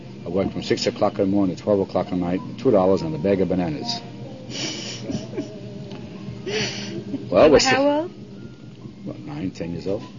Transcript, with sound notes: I worked from six o'clock in the morning to twelve o'clock at night, two dollars and a bag of bananas.
(Laughter) This was when you were how old?
About nine or ten years old.